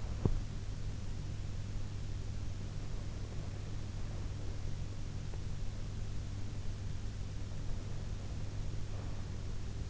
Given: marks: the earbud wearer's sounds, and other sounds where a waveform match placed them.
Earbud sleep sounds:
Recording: sounds in sleep by an in-ear microphone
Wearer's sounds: teeth grinding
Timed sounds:
0.00-0.59 s: teeth grinding

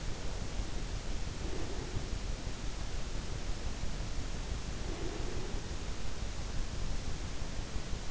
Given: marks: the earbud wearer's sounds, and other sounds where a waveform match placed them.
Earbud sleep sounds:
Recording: sounds in sleep by an in-ear microphone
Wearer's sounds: breath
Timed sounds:
1.26-2.33 s: breath
4.69-5.87 s: breath

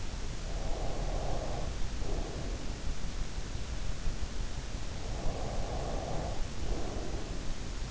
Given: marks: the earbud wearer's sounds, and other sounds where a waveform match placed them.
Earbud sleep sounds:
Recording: sounds in sleep by an in-ear microphone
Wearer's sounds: breath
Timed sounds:
0.31-3.22 s: breath
4.93-7.90 s: breath

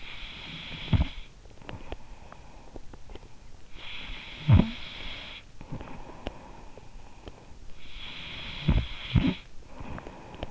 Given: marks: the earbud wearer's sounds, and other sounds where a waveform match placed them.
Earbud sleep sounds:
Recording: sounds in sleep by an in-ear microphone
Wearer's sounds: snoring breath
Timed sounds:
0.00-10.51 s: snoring breath

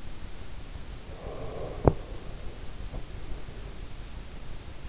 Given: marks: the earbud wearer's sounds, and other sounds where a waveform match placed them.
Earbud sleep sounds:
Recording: sounds in sleep by an in-ear microphone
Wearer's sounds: breath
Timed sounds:
0.88-3.85 s: breath

